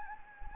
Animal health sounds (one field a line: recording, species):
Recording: mosquito wingbeat signal from an infrared sensor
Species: Anopheles gambiae